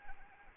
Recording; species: mosquito wingbeat signal from an infrared sensor; Anopheles arabiensis